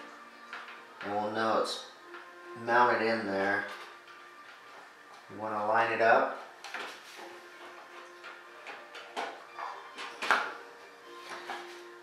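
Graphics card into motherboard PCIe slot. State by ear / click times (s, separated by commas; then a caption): seated / 10.3 s. Someone talks while lining up a graphics card with the top PCIe slot on a motherboard, with faint handling sounds between the words. The card is pushed in and snaps into the slot with a sharp click at 10.3 s, seating it.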